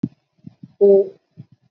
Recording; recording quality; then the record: sustained vowel as in boot; moderate, slight background noise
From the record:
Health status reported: healthy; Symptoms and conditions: cough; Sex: female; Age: 32 years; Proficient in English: yes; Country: India